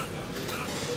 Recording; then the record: coughing mixed with background sound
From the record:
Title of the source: 64 coughing, allergies, singing lungs